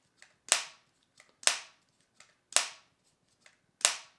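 The plastic hinged lid of an OUKU OK-H7 true wireless earbud charging case is closed four times, snapping shut with a sharp, satisfying click at 0.5, 1.5, 2.6 and 3.9 seconds. Fainter taps come just before some of the snaps, and the lid seats fully shut each time.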